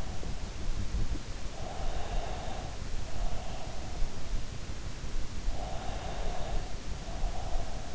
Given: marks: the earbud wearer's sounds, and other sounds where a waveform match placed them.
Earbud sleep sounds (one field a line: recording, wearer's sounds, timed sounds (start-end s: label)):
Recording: sounds in sleep by an in-ear microphone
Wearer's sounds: breath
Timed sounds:
1.66-3.79 s: breath
5.56-7.95 s: breath